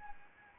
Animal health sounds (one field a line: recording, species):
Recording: mosquito wingbeat signal from an infrared sensor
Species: Anopheles arabiensis